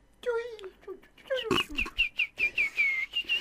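Parrots chattering in a rapid run of squawks and warbling calls, followed by a series of short, high, whistle-like chirps repeating in a steady rhythm.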